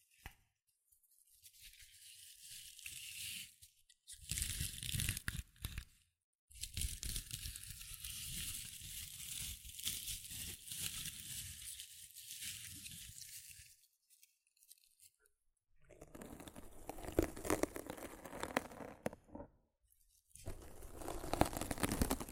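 Rough scratching and brushing against a microphone comes in bursts of dense, crackly friction, with a hissy upper layer and thumpy low rumbles. Strokes run in stretches of a few seconds, broken by brief silent gaps around 4, 6, 14, 16 and 20 seconds.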